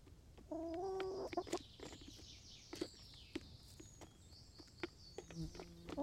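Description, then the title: Chicken gives a drawn-out nasal call, then scattered pecking taps and clicks, and a second lower call at the end. Chickens in a henhouse making little noises while eating, Laren Gld., 18 July 2015. "Henhouse. Kippenhok (Laren Gld"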